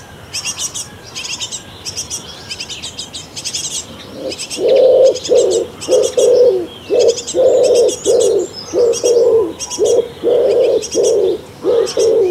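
Morning birds at a nest box: rapid high chirping bursts continue throughout, joined after four seconds by loud, regularly repeated lower coos.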